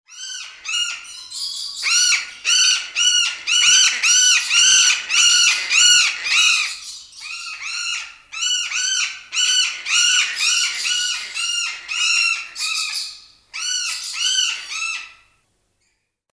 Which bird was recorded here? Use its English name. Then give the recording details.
Red-bellied Macaw. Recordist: Tembrock, Günter. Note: Rufe eines Paares